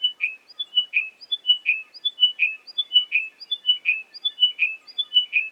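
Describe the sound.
Chiming wedgebill song, a steady descending series of clear chiming notes ending in a lower note, repeated roughly every three-quarters of a second.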